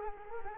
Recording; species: mosquito wingbeat signal from an infrared sensor; Culex quinquefasciatus